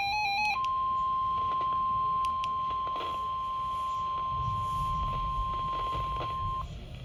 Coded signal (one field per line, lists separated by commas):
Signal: Emergency Alert System (SAME) tones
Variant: 1050 Hz attention tone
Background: music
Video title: PURE CHAOS 1 | An EAS Event | EAS 35-52 | MonkeyFilmRadios